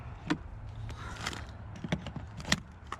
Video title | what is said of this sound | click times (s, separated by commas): Part 2. Cold Winter Road Trip with Chevy Bolt EV crossing the Continental Divide in rural Montana. | plugged in i heard the click over here | 2.5 s